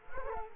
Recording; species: mosquito wingbeat signal from an infrared sensor; Culex quinquefasciatus